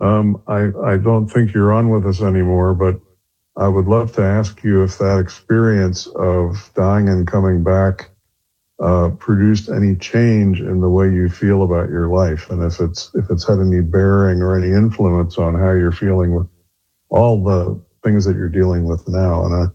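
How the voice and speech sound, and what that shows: Clear, fluent conversational speech from one adult man with a low, steady voice and ordinary pauses.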